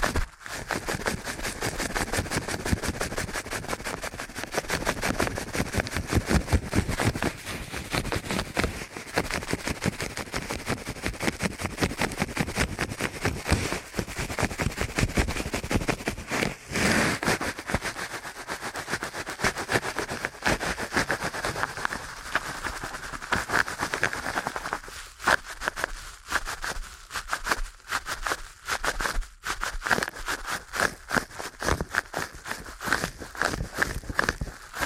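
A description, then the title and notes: Fast ear cleaning: a dense, rapid stream of scratchy, crackling strokes runs the whole way with a fairly steady rhythm and a faint whistly tone in the middle range. Past about 25 seconds the low rumble thins out, leaving sharper, brighter scratches. ASMR Ear Cleaning at Helicopter Speed.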